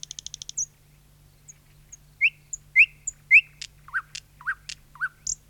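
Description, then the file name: Thrush nightingale song: a brief quick stutter, then well-spaced rising whistled notes, sharp clicks and lower slurred notes in an unhurried, varied sequence. "satakieli"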